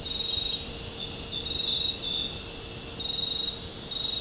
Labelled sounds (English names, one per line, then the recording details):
none
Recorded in dense forest near Puerto Asís, Putumayo, Colombia, on 13 March 2025 at 00:00
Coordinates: 0.467, -76.328
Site G041